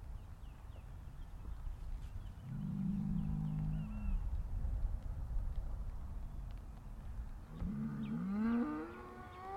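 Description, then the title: Cow moos twice, first a flat, deep low, then a rising bellow that climbs in pitch. "Harmony in Hooves: Decoding the Rhythms of Cow Conversations"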